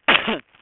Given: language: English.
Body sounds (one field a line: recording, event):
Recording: throat vibration sensor signal played as sound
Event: cough